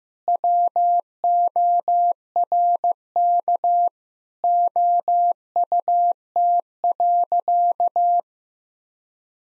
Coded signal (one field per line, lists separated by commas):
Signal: Morse code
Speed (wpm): 16 wpm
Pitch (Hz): 700 Hz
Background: none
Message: WORK OUT.